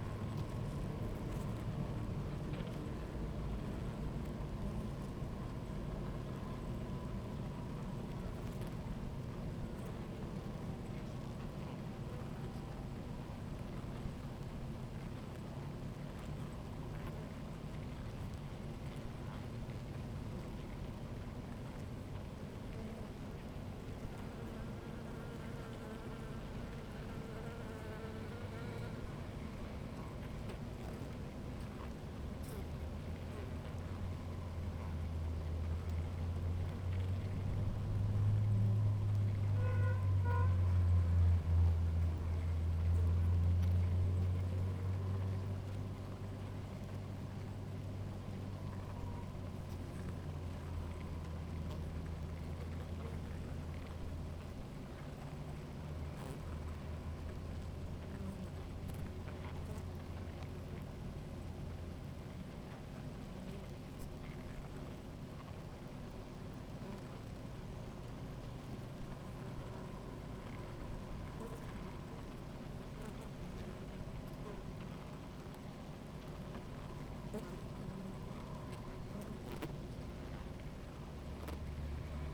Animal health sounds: honeybee colony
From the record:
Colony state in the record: active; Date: 28 July 2017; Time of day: 16:50

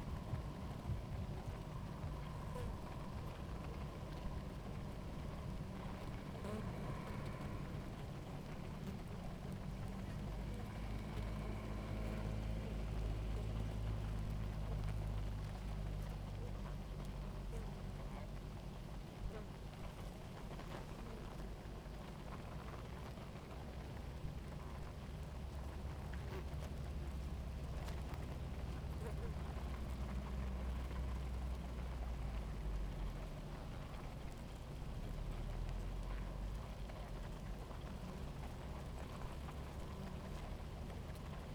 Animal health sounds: honeybee colony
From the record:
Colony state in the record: active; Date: 28 July 2017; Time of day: 17:53

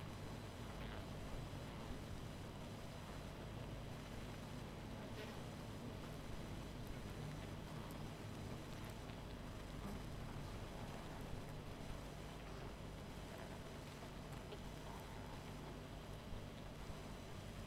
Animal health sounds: honeybee colony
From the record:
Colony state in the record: missing queen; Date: 14 July 2017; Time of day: 20:46

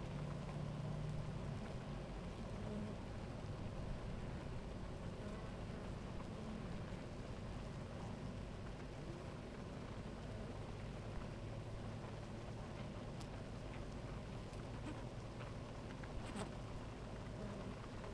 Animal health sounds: honeybee colony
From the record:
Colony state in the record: active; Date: 28 July 2017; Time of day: 11:40

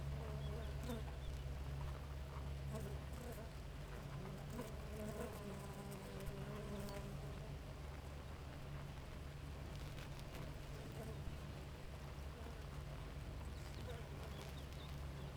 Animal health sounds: honeybee colony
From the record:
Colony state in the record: active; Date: 28 July 2017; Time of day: 4:24

